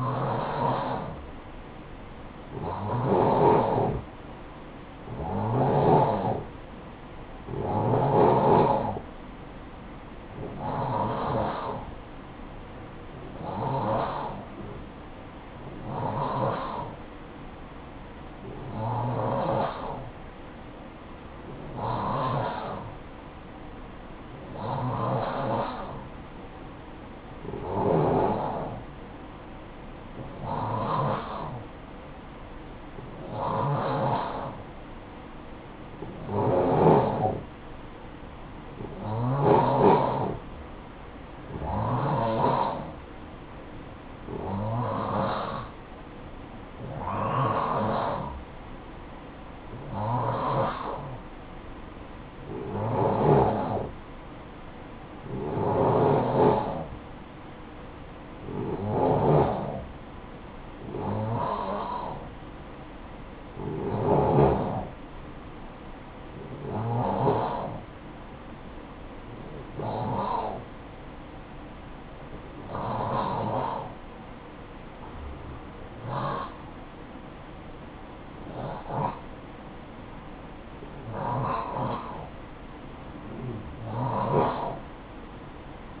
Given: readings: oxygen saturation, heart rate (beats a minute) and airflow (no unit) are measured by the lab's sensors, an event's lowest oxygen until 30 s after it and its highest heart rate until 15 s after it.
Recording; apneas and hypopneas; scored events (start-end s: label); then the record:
breathing in sleep by a voice recorder at the bedside; none
none scored
From the record:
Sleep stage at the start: N2 (light sleep); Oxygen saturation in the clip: 89 to 91%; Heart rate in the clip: 50 to 63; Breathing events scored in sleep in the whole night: 573 in 9.8 hours asleep